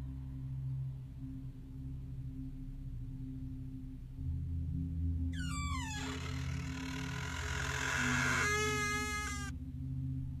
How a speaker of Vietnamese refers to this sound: Thế nhưng vừa nhắm mắt chả được bao lâu thì những âm thanh lại tiếp tục văng vẳng vang lên. Những tiếng ken két như là người ta đang từ từ mở cửa.